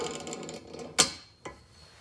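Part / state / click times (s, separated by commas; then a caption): spring pop pin on a rack closure handle into the rack tube / seated / 1.0 s. The handle of a QR3 bike rack, with its spring pop pin pulled, is slid along the metal rack tubes, making light scraping and rattling sounds. At 1.0 s the pop pin springs into its hole in the rack tube with a sharp, bright click, and a softer knock follows at about 1.5 s. The handle is seated in position.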